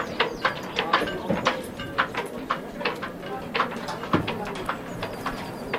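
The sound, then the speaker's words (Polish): Yacht shrouds knock against the mast in a cold wind at a harbour with moored yachts in Masuria, Poland: a quick, uneven series of sharp metallic taps and clinks over a steady rushing background. “A te odgłosy co tak stuka?”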